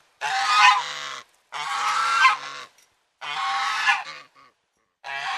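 Domestic goose honking: four loud, harsh, drawn-out honks, each about a second long except the last, which is cut off, separated by short pauses, with no other sounds.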